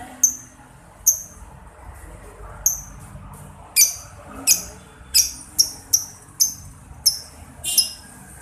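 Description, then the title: Lovebird giving sharp, high, descending chirps at uneven intervals, clustering more closely in the second half. Masteran training recording played to labet lovebirds so they quickly develop ngekek panjang, a long ngekek song. "Kicau Lovebird SUPER GILA !!! Terapi Masteran LABET Terbaik Agar Labet Cepet NGEKEK PANJANG"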